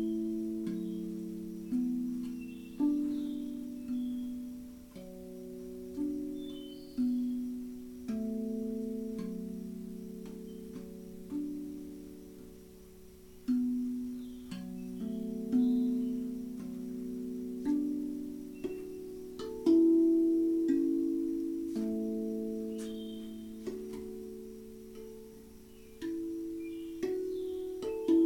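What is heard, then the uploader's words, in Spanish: Singing bowls are played in a slow session, each strike ringing out as a low, humming tone that swells and slowly fades. New strokes arrive every couple of seconds, layering overlapping pitches into a steady, shimmering drone. Faint light clicks and taps occur throughout. Sesion de cuencos.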